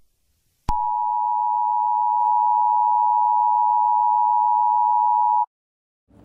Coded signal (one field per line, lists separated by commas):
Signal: Emergency Alert System (SAME) tones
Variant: 853 and 960 Hz attention tone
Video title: Eas Scenario 11: Exploding Batteries